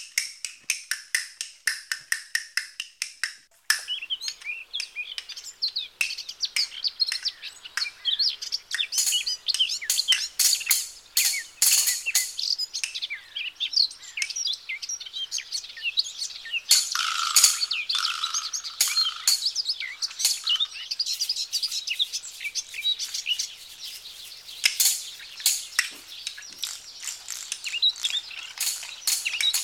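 A mockingbird sings continuously, a rapid, varied stream of high chirps, trills and whistled phrases with clicking bursts, fairly loud and steady throughout, with no voices.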